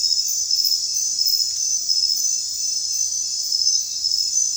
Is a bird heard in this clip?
no